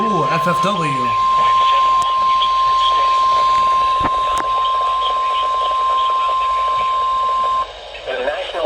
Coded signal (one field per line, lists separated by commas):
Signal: Emergency Alert System (SAME) tones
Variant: 1050 Hz attention tone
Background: speech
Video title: MARGINALLY TORNADIC.... | EAS Alerts from 6/5/24 | EAS#669-689